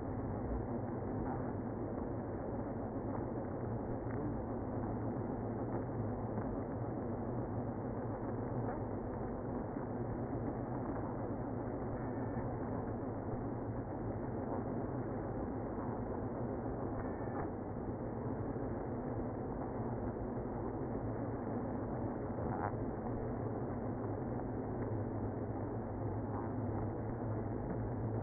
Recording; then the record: honeybee colony, microphone inside the hive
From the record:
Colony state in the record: queenless (queen removed); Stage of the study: after two queens were removed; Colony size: about 60,000 bees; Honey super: yes